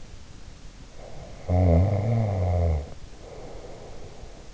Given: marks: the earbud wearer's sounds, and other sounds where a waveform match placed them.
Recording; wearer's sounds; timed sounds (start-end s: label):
sounds in sleep by an in-ear microphone; snoring breath
0.91-4.46 s: snoring breath